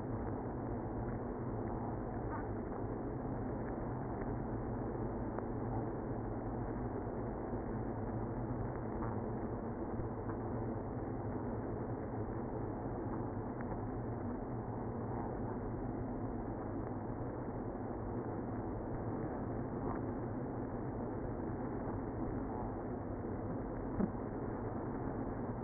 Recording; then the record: honeybee colony, microphone inside the hive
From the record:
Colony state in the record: queenless (queen removed); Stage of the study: after two queens were removed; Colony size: about 60,000 bees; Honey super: yes